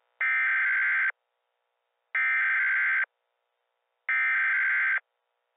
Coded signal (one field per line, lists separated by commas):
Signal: Emergency Alert System (SAME) tones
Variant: header bursts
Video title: March 2, 2012 EAS alerts for my county. (Reupdated and reuploaded)